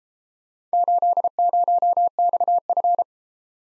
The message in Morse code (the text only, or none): 80XF